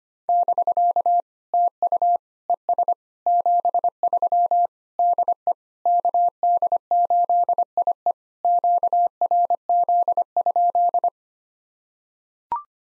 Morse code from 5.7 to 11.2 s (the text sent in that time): KD8IE QRZ?